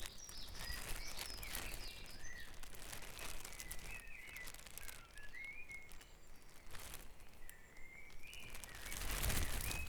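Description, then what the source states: Birds in a dawn chorus: several faint whistled phrases and chirps over steady background hiss and scattered crackling. Dawn chorus recorded at Back Dragon Avenue, Harrogate, as part of the Sound Map of Harrogate.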